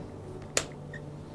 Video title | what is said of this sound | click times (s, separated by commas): The IRIDEX TruFocus LIO Premiere® Laser Indirect Ophthalmoscope | placing it over the band adjustment knob and locked | 0.6 s